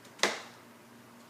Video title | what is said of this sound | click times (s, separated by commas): How to change radiator on 2008-2012 Infiniti EX35 | then go clockwise until you hear a click. | 0.2 s